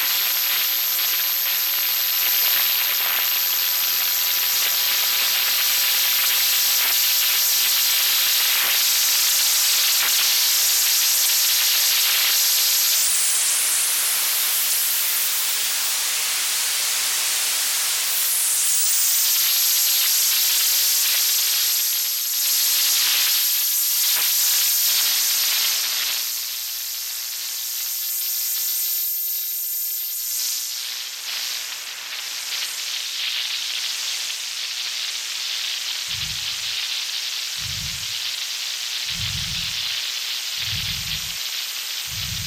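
A shortwave radio hisses with dense, steady static, a thin high whistle running above it that jumps and shifts between about 13 and 19 seconds. The hiss thins out after 26 seconds, and near the end a low pulse thumps five times at an even pace.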